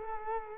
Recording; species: mosquito wingbeat signal from an infrared sensor; Culex quinquefasciatus